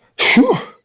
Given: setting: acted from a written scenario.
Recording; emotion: vocal sound without words; relief